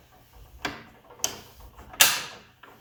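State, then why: Seated. The blade-change wrenches for a DeWALT DWE7491RS table saw are pushed into the saw's onboard storage holder. Two sharp clicks sound at 0.7 s and 1.2 s. The loudest snap, at 2.0 s, is the wrenches locking into place, where they stay until a push button releases them.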